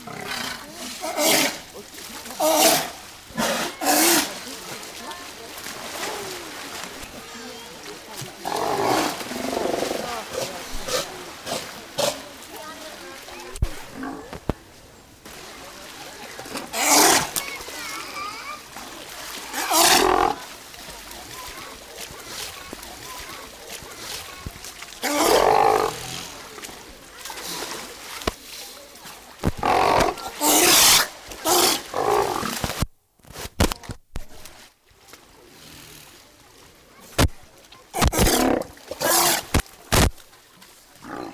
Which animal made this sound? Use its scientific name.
Otaria flavescens